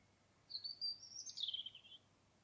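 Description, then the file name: Common blackbird gives a single thin, very high, wavering note lasting about a second and a half against a faint hiss. "Turdus merula"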